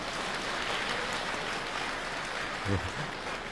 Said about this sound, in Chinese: 有时间您可以鼓掌，让他来一回啊！